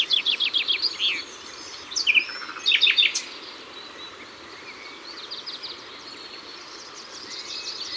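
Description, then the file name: Common nightingale song: a rapid burst of repeated notes, then two loud choppy phrases, followed by soft background twittering. Ardèche. "Rossignol-Philomele-Concerts-Naturels-De-l Ardeche"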